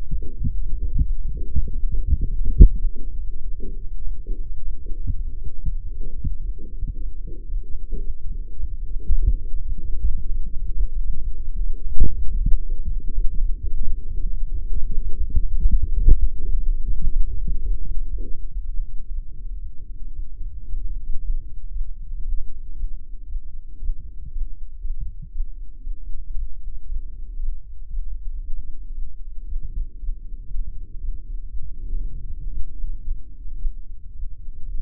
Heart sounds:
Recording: heart sounds by microphone in the left ear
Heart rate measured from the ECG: 116 bpm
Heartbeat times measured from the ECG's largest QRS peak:
0.12 s: heartbeat
0.65 s: heartbeat
1.19 s: heartbeat
1.72 s: heartbeat
2.24 s: heartbeat
2.76 s: heartbeat
3.29 s: heartbeat
3.81 s: heartbeat
4.33 s: heartbeat
4.84 s: heartbeat
5.36 s: heartbeat
5.90 s: heartbeat
6.43 s: heartbeat
6.95 s: heartbeat
7.47 s: heartbeat
8.00 s: heartbeat
8.53 s: heartbeat
9.04 s: heartbeat
9.56 s: heartbeat
10.07 s: heartbeat
10.59 s: heartbeat
11.10 s: heartbeat
11.60 s: heartbeat
12.12 s: heartbeat
12.63 s: heartbeat
13.15 s: heartbeat
13.66 s: heartbeat
14.15 s: heartbeat
14.64 s: heartbeat
15.14 s: heartbeat
15.64 s: heartbeat
16.12 s: heartbeat
16.61 s: heartbeat
17.11 s: heartbeat
17.61 s: heartbeat
18.10 s: heartbeat
18.59 s: heartbeat
19.09 s: heartbeat
19.59 s: heartbeat
20.13 s: heartbeat
20.67 s: heartbeat
21.19 s: heartbeat
21.70 s: heartbeat
22.22 s: heartbeat
22.74 s: heartbeat
23.26 s: heartbeat
23.79 s: heartbeat
24.30 s: heartbeat
24.79 s: heartbeat
25.30 s: heartbeat
25.81 s: heartbeat
26.33 s: heartbeat
26.86 s: heartbeat
27.38 s: heartbeat
27.88 s: heartbeat
28.39 s: heartbeat
28.92 s: heartbeat
29.46 s: heartbeat
29.98 s: heartbeat
30.49 s: heartbeat
30.98 s: heartbeat
31.47 s: heartbeat
31.95 s: heartbeat
32.47 s: heartbeat
33.01 s: heartbeat
33.57 s: heartbeat
34.13 s: heartbeat
34.69 s: heartbeat
From the record:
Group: healthy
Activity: light exercise 0-17 s, rest 17-35 s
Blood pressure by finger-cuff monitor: 131/99 mmHg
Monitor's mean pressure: 108 mmHg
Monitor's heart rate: 115 bpm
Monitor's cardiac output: 7.1 L/min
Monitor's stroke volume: 62 mL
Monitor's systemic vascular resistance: 1130 dyn s/cm5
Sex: male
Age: 21 years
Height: 180 cm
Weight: 67.5 kg

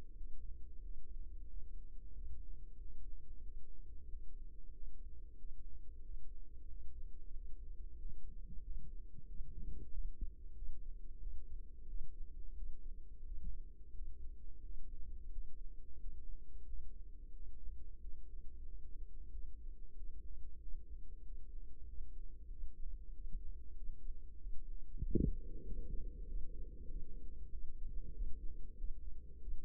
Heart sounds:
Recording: heart sounds by microphone in the right ear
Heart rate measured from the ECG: 92 bpm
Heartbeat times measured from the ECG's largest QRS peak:
0.12 s: heartbeat
0.78 s: heartbeat
1.44 s: heartbeat
2.10 s: heartbeat
2.75 s: heartbeat
3.39 s: heartbeat
4.04 s: heartbeat
4.69 s: heartbeat
5.34 s: heartbeat
5.99 s: heartbeat
6.64 s: heartbeat
7.29 s: heartbeat
7.95 s: heartbeat
8.59 s: heartbeat
9.24 s: heartbeat
9.88 s: heartbeat
10.52 s: heartbeat
11.17 s: heartbeat
11.84 s: heartbeat
12.52 s: heartbeat
13.21 s: heartbeat
13.90 s: heartbeat
14.59 s: heartbeat
15.28 s: heartbeat
15.95 s: heartbeat
16.62 s: heartbeat
17.29 s: heartbeat
17.96 s: heartbeat
18.62 s: heartbeat
19.27 s: heartbeat
19.92 s: heartbeat
20.56 s: heartbeat
21.20 s: heartbeat
21.83 s: heartbeat
22.46 s: heartbeat
23.09 s: heartbeat
23.72 s: heartbeat
24.35 s: heartbeat
24.98 s: heartbeat
25.61 s: heartbeat
26.24 s: heartbeat
26.86 s: heartbeat
27.48 s: heartbeat
28.10 s: heartbeat
28.74 s: heartbeat
29.37 s: heartbeat
From the record:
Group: healthy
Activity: breath hold 0-25 s, rest 25-30 s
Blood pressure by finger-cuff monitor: 105/68 mmHg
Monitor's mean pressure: 81 mmHg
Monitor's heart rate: 93 bpm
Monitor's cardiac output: 6.9 L/min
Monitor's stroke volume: 75 mL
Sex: female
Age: 32 years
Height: 172 cm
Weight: 71.7 kg

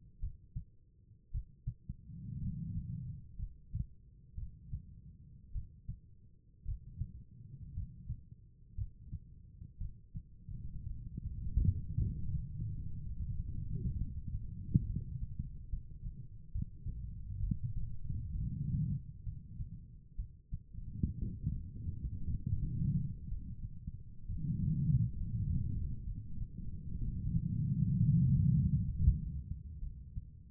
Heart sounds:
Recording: heart sounds by stethoscope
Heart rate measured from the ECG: 61 bpm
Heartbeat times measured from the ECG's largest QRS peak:
0.20 s: heartbeat
1.31 s: heartbeat
2.39 s: heartbeat
3.36 s: heartbeat
4.35 s: heartbeat
5.52 s: heartbeat
6.65 s: heartbeat
7.73 s: heartbeat
8.75 s: heartbeat
9.78 s: heartbeat
10.87 s: heartbeat
11.97 s: heartbeat
13.03 s: heartbeat
13.97 s: heartbeat
14.86 s: heartbeat
15.69 s: heartbeat
16.52 s: heartbeat
17.40 s: heartbeat
18.35 s: heartbeat
19.23 s: heartbeat
20.16 s: heartbeat
21.19 s: heartbeat
22.27 s: heartbeat
23.28 s: heartbeat
24.26 s: heartbeat
25.18 s: heartbeat
26.04 s: heartbeat
26.99 s: heartbeat
27.99 s: heartbeat
28.85 s: heartbeat
29.79 s: heartbeat
From the record:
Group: healthy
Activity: cold pressor test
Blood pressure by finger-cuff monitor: 106/66 mmHg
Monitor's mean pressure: 79 mmHg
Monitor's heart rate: 61 bpm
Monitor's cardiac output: 5.1 L/min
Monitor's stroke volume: 81 mL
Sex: female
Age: 36 years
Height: 163 cm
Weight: 88 kg

